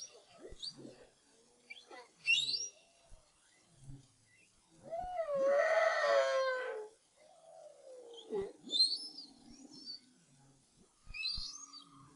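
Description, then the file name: Humpback whale song units: scattered high squeaks, a loud harsh moan in the middle, then a sliding falling tone and more chirps. Recorded in 2011. "BRAHSS Whale Song"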